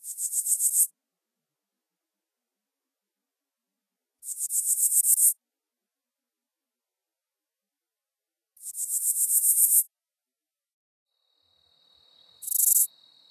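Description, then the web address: Broad-winged bush katydid song: rasping bursts of about a second, each a quick run of pulses growing louder, repeated every four seconds or so, four bursts. North America. "Songs of Insects. Broad-winged Bush Katydid"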